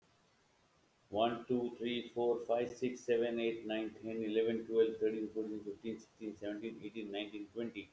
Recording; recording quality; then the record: counting at a fast pace; excellent, no background noise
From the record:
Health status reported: healthy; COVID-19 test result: negative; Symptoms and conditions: diabetes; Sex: male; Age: 54 years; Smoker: not ticked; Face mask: not worn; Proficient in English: yes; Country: India